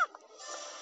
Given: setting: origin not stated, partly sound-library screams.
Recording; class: one-second piece from a danger detection set; woman in danger